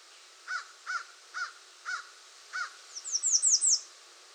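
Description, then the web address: American redstart song: a quick run of five high, downslurred notes near the end, after several lower, spaced notes. Recorded 21 June 2019. "soundrecordings 2019-06-21 American Redstart"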